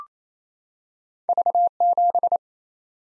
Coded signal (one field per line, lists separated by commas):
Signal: Morse code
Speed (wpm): 28 wpm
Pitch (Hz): 700 Hz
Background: none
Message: V7